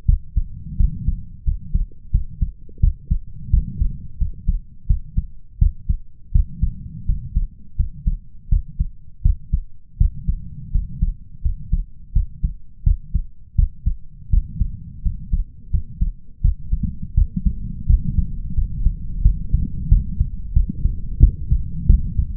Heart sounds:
heart sounds by stethoscope; 85 bpm
0.05 s: heartbeat
0.76 s: heartbeat
1.43 s: heartbeat
2.10 s: heartbeat
2.80 s: heartbeat
3.50 s: heartbeat
4.17 s: heartbeat
4.86 s: heartbeat
5.58 s: heartbeat
6.31 s: heartbeat
7.05 s: heartbeat
7.76 s: heartbeat
8.48 s: heartbeat
9.21 s: heartbeat
9.97 s: heartbeat
10.71 s: heartbeat
11.41 s: heartbeat
12.12 s: heartbeat
12.83 s: heartbeat
13.55 s: heartbeat
14.29 s: heartbeat
15.02 s: heartbeat
15.70 s: heartbeat
16.41 s: heartbeat
17.14 s: heartbeat
17.86 s: heartbeat
18.54 s: heartbeat
19.21 s: heartbeat
19.88 s: heartbeat
20.53 s: heartbeat
21.19 s: heartbeat
21.86 s: heartbeat
From the record:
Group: healthy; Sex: male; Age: 21 years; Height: 180 cm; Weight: 67.5 kg

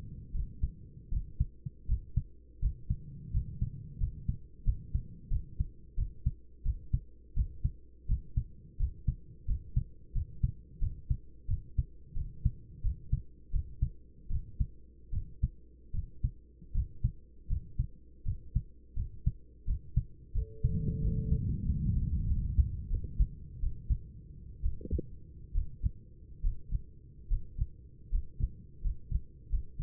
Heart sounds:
heart sounds by stethoscope; 82 bpm
0.33 s: heartbeat
1.11 s: heartbeat
1.88 s: heartbeat
2.61 s: heartbeat
3.32 s: heartbeat
3.99 s: heartbeat
4.64 s: heartbeat
5.30 s: heartbeat
5.96 s: heartbeat
6.64 s: heartbeat
7.35 s: heartbeat
8.07 s: heartbeat
8.78 s: heartbeat
9.47 s: heartbeat
10.14 s: heartbeat
10.80 s: heartbeat
11.48 s: heartbeat
12.15 s: heartbeat
12.83 s: heartbeat
13.52 s: heartbeat
14.29 s: heartbeat
15.12 s: heartbeat
15.93 s: heartbeat
16.73 s: heartbeat
17.48 s: heartbeat
18.24 s: heartbeat
18.95 s: heartbeat
19.66 s: heartbeat
20.33 s: heartbeat
21.00 s: heartbeat
21.64 s: heartbeat
22.26 s: heartbeat
22.88 s: heartbeat
23.59 s: heartbeat
24.61 s: heartbeat
25.53 s: heartbeat
26.41 s: heartbeat
27.28 s: heartbeat
28.10 s: heartbeat
28.81 s: heartbeat
29.49 s: heartbeat
From the record:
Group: healthy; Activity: rest 0-23 s, Valsalva maneuver 23-30 s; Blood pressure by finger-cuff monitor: 108/53 mmHg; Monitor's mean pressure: 71 mmHg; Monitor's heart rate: 85 bpm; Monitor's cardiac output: 10 L/min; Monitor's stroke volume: 118 mL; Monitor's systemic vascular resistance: 500 dyn s/cm5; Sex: male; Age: 24 years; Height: 184 cm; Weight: 89 kg

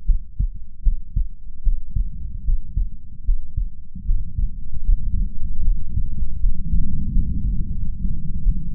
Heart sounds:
heart sounds by stethoscope; 79 bpm
0.05 s: heartbeat
0.82 s: heartbeat
1.62 s: heartbeat
2.43 s: heartbeat
3.23 s: heartbeat
4.04 s: heartbeat
4.83 s: heartbeat
5.62 s: heartbeat
6.39 s: heartbeat
7.10 s: heartbeat
7.77 s: heartbeat
8.42 s: heartbeat
From the record:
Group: healthy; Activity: cold pressor test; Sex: female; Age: 26 years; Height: 165 cm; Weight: 55 kg

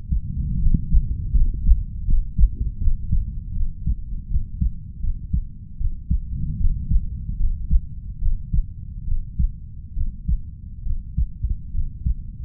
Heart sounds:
heart sounds by stethoscope; 76 bpm
0.59 s: heartbeat
1.33 s: heartbeat
2.04 s: heartbeat
2.78 s: heartbeat
3.52 s: heartbeat
4.27 s: heartbeat
5.00 s: heartbeat
5.77 s: heartbeat
6.57 s: heartbeat
7.36 s: heartbeat
8.18 s: heartbeat
9.04 s: heartbeat
9.93 s: heartbeat
10.83 s: heartbeat
11.71 s: heartbeat
From the record:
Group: healthy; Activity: rest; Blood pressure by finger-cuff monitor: 129/70 mmHg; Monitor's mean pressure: 86 mmHg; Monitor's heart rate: 76 bpm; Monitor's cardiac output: 5.6 L/min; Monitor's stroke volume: 68 mL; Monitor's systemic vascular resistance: 910 dyn s/cm5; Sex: female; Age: 32 years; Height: 168 cm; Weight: 61.9 kg

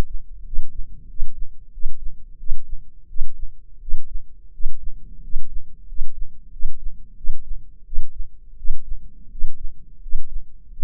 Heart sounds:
heart sounds by microphone in the left ear; 88 bpm
0.45 s: heartbeat
1.08 s: heartbeat
1.72 s: heartbeat
2.38 s: heartbeat
3.08 s: heartbeat
3.80 s: heartbeat
4.52 s: heartbeat
5.21 s: heartbeat
5.86 s: heartbeat
6.51 s: heartbeat
7.15 s: heartbeat
7.84 s: heartbeat
8.56 s: heartbeat
9.30 s: heartbeat
10.00 s: heartbeat
10.71 s: heartbeat
From the record:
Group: healthy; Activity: rest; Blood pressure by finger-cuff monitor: 149/100 mmHg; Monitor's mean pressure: 114 mmHg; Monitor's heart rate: 86 bpm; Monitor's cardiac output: 7.4 L/min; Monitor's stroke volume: 82 mL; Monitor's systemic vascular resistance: 1100 dyn s/cm5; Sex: male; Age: 23 years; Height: 179 cm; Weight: 87 kg

